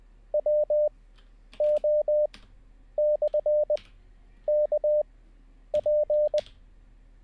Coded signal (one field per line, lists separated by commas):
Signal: Morse code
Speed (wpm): 20 wpm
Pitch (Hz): 600 Hz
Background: none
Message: WO/KP